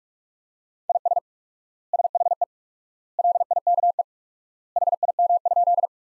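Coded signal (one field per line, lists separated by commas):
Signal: Morse code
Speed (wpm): 46 wpm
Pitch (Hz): 700 Hz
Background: none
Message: IS SHE LIKE HIM?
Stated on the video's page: Morse practice: sentences built from the top 100 words at 45 wpm with quadruple word-spacing, a word-based Farnsworth-like approach.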